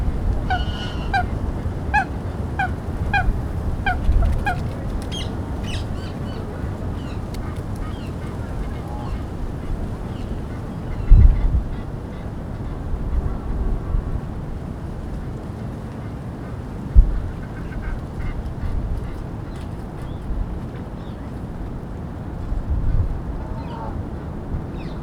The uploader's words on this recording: Captured in the morning in a large city centre park. Various birds are in the lake and on the grass, some fly overhead.